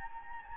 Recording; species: mosquito wingbeat signal from an infrared sensor; Anopheles gambiae